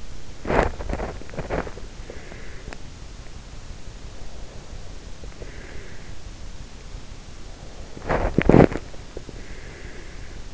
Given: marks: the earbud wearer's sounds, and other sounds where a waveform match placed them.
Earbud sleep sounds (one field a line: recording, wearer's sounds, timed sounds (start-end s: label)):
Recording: sounds in sleep by an in-ear microphone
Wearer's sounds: body movement, breath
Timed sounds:
0.00-1.91 s: body movement
1.91-2.98 s: breath
5.43-6.80 s: breath
7.91-8.91 s: body movement
9.27-10.54 s: breath